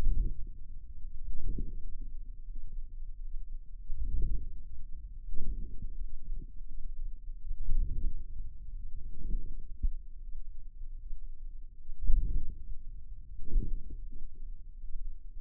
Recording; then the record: forearm muscle sounds (acoustic myography)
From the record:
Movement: hand closing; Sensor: system 2, bracelet of six BSWA MPA416 microphones around the upper forearm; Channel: 4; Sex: female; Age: 23 years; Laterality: right